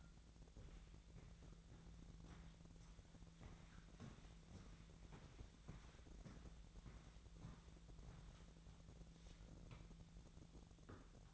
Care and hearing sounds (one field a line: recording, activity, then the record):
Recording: daily activity, microphone in the room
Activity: walk to room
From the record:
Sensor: 3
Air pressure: 1012.2 hPa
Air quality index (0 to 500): 139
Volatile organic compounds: 2 ppm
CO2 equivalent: 1065 ppm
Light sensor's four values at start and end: 133/317/131/119 and 144/343/142/133